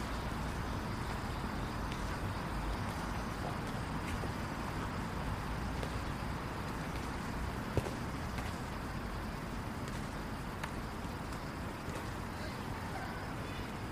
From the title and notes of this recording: Going For A Walk Downtown on A Rainy Night. Enjoy the sounds of a quaint and sometimes busy downtown city during a light rainy night.